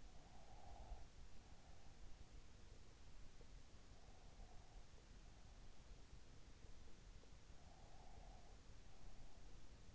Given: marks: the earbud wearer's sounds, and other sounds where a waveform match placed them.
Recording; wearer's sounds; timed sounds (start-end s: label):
sounds in sleep by an in-ear microphone; breath
0.00-2.29 s: breath
7.49-9.35 s: breath